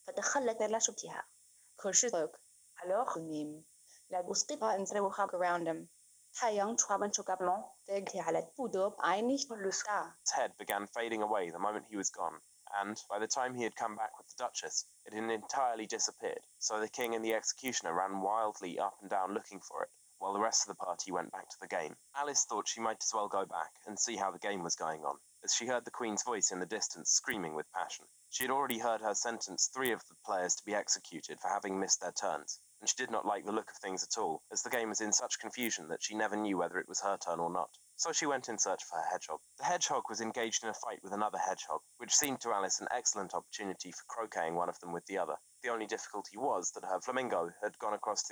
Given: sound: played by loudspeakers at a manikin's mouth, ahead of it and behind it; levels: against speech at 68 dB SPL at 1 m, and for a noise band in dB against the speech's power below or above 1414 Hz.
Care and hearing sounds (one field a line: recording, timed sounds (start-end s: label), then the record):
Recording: test signals for a remote microphone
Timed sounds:
0.00-10.26 s: speech test signal (ISTS)
10.26-48.31 s: man speaking
From the record:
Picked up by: remote microphone B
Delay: 24 ms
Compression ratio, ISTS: 1.85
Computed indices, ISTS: SII 0.995, HASPI 0.987, HASQI 0.342 (non-linear 0.414, linear 0.827), ESTOI 0.825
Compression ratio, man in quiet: 2.01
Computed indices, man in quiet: SII 0.993, HASPI 0.999, HASQI 0.298 (non-linear 0.353, linear 0.843), ESTOI 0.753